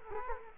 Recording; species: mosquito wingbeat signal from an infrared sensor; Culex quinquefasciatus